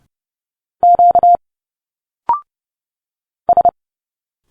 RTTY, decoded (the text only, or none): none